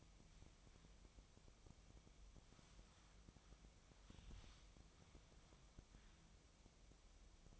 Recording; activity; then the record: daily activity, microphone in the room; wipe stove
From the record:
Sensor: 1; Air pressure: 1004.9 hPa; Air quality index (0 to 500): 86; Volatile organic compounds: 2 ppm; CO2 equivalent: 1160 ppm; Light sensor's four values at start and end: 9/22/9/9 and 9/22/9/9